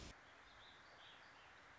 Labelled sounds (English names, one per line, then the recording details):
Warbling Vireo
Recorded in Sonoma County, California